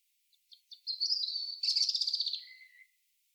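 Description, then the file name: European robin song phrase: a few soft high ticks, then a fast trilling warble high in pitch, ending in a lower drawn-out whistle; background silent. "Erithacus rubecula"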